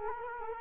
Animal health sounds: mosquito wingbeat signal from an infrared sensor; Culex quinquefasciatus

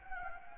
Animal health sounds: mosquito wingbeat signal from an infrared sensor; Anopheles gambiae

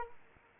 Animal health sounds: mosquito wingbeat signal from an infrared sensor; Anopheles arabiensis

